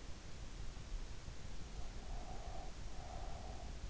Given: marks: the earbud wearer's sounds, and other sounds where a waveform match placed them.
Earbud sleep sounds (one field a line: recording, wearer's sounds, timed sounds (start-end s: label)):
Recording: sounds in sleep by an in-ear microphone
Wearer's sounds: breath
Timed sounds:
1.61-3.82 s: breath